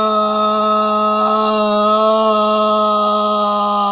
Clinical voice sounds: sustained vowel /i/; male; 60 to 69 years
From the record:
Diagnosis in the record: amyotrophic lateral sclerosis, bulbar onset 16 months earlier, bulbar signs present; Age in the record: 69 years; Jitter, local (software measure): 0.37%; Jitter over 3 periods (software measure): 0.23%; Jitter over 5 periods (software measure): 0.25%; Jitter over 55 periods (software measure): 0.42%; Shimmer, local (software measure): 5.9%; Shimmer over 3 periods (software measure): 3.3%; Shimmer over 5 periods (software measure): 3.7%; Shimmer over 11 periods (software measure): 4.6%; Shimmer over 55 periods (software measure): 6.7%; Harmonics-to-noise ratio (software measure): 10.3 dB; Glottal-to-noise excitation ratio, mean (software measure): 0.89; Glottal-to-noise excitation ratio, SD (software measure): 0.029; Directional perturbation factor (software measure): 73.3%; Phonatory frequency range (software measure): 0.14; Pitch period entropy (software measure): 0.95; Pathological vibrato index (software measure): 0.38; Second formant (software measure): 1234 Hz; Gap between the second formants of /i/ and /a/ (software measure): 48 Hz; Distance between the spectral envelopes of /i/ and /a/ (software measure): 2.5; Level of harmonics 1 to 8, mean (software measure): -10.8, -13.1, -6.5, -16.8, -11.1, -5.3, -38.3, -40.6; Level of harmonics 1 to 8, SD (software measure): 1.3, 3.1, 3.0, 4.5, 2.9, 2.9, 6.2, 7.9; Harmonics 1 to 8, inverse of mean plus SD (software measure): 0.083, 0.061, 0.105, 0.047, 0.072, 0.121, 0.022, 0.021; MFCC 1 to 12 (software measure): -5.8, -9.0, -21.6, 13.4, -11.4, -13.8, 5.0, -6.9, -20.1, -11.8, -3.4, -0.2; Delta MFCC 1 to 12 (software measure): 0.003, 0.004, -0.016, 0.032, 0.034, -0.014, 0.000, -0.039, 0.049, -0.014, 0.009, -0.005

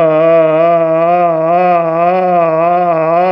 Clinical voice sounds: sustained vowel /a/; male; 60 to 69 years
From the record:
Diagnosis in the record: amyotrophic lateral sclerosis, spinal onset 6 months earlier, bulbar signs present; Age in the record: 67 years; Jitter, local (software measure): 0.54%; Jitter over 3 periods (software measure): 0.24%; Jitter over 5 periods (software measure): 0.32%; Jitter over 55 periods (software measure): 1.95%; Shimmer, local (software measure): 6.6%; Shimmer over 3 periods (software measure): 2.9%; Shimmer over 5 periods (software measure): 4.6%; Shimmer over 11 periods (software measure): 7.2%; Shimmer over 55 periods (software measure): 10.9%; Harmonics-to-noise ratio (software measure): 3.0 dB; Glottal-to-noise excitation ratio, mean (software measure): 0.94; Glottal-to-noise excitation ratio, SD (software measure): 0.026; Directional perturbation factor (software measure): 60.7%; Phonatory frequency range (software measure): 0.27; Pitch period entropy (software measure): 1.45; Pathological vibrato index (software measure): 0.58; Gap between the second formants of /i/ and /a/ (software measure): 669 Hz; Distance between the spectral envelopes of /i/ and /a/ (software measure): 8.8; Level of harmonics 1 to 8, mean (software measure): -18.4, -15.6, -12.5, -4.8, -28.5, -21.4, -19.0, -29.2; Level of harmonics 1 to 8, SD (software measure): 1.3, 1.8, 3.5, 2.2, 7.6, 2.8, 3.7, 3.9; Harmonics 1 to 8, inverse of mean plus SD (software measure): 0.051, 0.057, 0.063, 0.144, 0.028, 0.041, 0.044, 0.030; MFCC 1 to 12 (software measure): -2.0, -13.8, -8.2, -14.3, 4.8, -8.2, 3.8, -3.1, -15.6, -8.3, -0.8, 5.0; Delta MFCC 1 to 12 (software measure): 0.002, -0.005, 0.002, -0.014, -0.002, 0.006, -0.025, -0.021, 0.002, 0.026, -0.026, -0.016

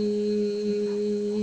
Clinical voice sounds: sustained vowel /i/; female; 60 to 69 years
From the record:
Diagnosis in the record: healthy control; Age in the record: 67 years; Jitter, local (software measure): 0.59%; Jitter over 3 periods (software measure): 0.39%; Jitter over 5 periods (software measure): 0.27%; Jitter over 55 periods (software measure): 0.53%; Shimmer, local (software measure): 4.9%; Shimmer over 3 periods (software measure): 3.0%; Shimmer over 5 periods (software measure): 2.3%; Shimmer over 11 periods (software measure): 3.3%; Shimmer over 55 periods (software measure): 8.2%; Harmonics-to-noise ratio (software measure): 18.8 dB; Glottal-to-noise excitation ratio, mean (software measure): 0.85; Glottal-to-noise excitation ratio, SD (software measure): 0.029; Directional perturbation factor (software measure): 86.5%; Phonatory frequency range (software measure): 0.06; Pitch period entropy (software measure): 1.25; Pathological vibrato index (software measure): 0.32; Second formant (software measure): 2670 Hz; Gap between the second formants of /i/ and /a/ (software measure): 1088 Hz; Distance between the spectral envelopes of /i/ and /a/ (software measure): 9.3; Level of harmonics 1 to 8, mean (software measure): -5.5, -1.6, -34.1, -43.3, -49.4, -52.8, -41.7, -41.6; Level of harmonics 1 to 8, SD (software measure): 3.0, 1.0, 2.5, 5.1, 6.6, 5.8, 5.6, 3.6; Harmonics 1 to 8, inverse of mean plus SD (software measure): 0.119, 0.384, 0.027, 0.021, 0.018, 0.017, 0.021, 0.022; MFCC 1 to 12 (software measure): -0.7, 9.3, -6.5, -16.0, -16.8, -11.7, -0.7, -2.3, -1.4, -2.5, -15.3, -12.2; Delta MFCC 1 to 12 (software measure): 0.002, 0.012, -0.006, 0.002, 0.059, -0.027, -0.003, 0.020, -0.065, 0.014, 0.015, -0.014

